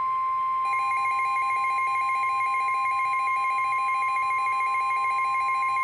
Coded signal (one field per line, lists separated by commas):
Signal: Emergency Alert System (SAME) tones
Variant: 1050 Hz attention tone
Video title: EAS #1,492-1,493 (DOUBLE-HEADER) NWR's (WR-400/WR-300) PHI SVR/LWX SMW 6/30/24 4:46 PM EDT